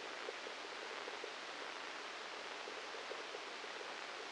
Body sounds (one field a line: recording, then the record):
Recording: brain microelectrode recording played as sound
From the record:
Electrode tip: inside the subthalamic nucleus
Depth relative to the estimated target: -1 mm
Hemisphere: left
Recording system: NeuroSet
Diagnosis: Parkinson's disease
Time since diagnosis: 8 years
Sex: male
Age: 37 years